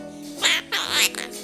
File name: popugai kvaker monax kalita boltaet i poyot